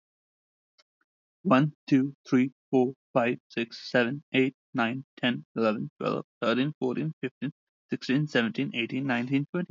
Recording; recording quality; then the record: counting at a fast pace; excellent, no background noise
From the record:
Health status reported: healthy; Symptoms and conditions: none ticked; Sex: male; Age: 26 years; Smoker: not ticked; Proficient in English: yes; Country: India